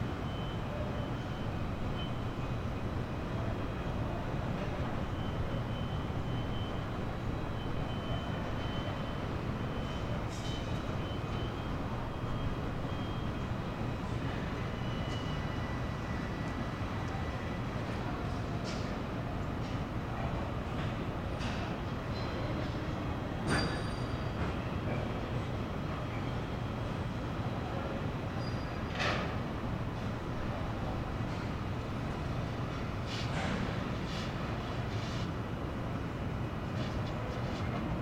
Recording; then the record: background sound without coughing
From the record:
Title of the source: 30 MINUTES Construction Site Ambience (CC BY 4.0)